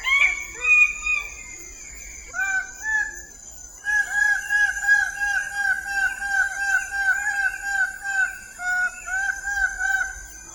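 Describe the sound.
Bird-of-paradise calling: a few higher, drawn-out notes open, then a long rapid series of loud, nasal, harmonic notes at a fairly even pace, with a steady high insect drone.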